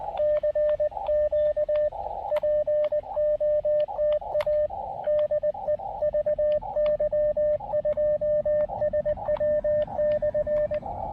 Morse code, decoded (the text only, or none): CQ POTA DEVY2SW/